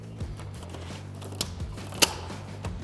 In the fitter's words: making sure that that metal pin is locked into place